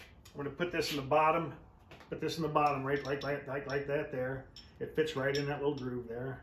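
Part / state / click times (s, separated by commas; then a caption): cutter die into hole punch base / not seated / none. A metal cutter die for a coin-ring hole punch is handled and set toward the groove in the bottom of the punch base while someone talks throughout. Nothing has seated or clicked yet; the clip ends just before the die goes home.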